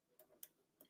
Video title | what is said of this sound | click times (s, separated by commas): "Crossdeck" Episode 41 - GRS Build-A-Cade Build with Artwork | pop it in so it snaps into place | 0.4 s